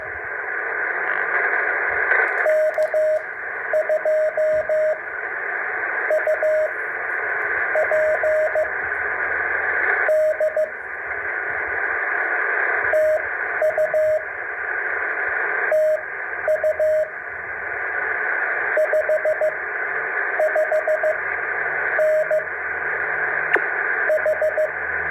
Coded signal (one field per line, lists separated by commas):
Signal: Morse code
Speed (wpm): 14 wpm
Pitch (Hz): 620 Hz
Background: radio noise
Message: K2UPD TU TU 55N H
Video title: Morse Code K-6934 #3